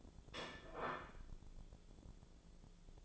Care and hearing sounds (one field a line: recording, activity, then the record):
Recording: daily activity, microphone in the room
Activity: place plate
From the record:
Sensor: 5